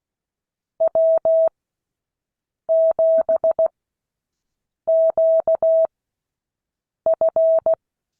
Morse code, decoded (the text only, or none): W7QF